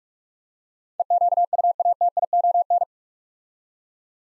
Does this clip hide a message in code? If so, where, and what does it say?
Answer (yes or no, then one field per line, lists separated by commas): yes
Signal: Morse code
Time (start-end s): 1.0-2.8 s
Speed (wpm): 46 wpm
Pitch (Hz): 700 Hz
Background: none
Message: EQUATION